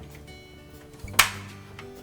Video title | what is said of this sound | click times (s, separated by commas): GE Washer Repair – How to replace the Water Level Pressure Switch | until it snaps into position and that little locking tab falls into a little slot | 1.2 s